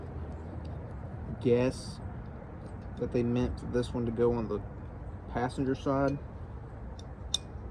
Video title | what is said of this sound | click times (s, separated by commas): Fixing the Gauges, Heater, Transmission & Wipers! 1966 Chevrolet C10 -- Part 5 | there we go locked into place | 7.3 s